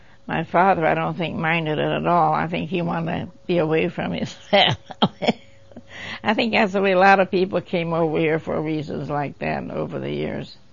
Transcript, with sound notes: My father I don't minded it at all; I think he wanted to be away (laugh/cough) his family. I think that's the way a lot of people came over here for reasons like that, over the years?